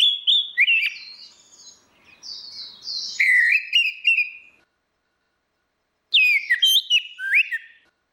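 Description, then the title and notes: Orange-headed thrush song of loud fluty whistles, rising and falling, delivered in two long phrases with a silent gap between them. Anis merah song in ngeplong style (continuous singing), a masteran recording for training anis kembang. "Suara Burung Anis Merah Ngeplong. Masteran Anis Kembang"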